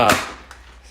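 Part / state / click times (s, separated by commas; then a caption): vacuum body into its upright parking lock / seated / 0.5 s. The plastic upright lock of a Dyson Ball Animal 2 upright vacuum cleaner (Iron/Purple) is heard as the vacuum body is tilted back upright into its upright parking lock. A loud broadband burst opens the clip, followed by a short, sharp click at 0.5 s as the lock seats, and someone talks. The body is locked upright.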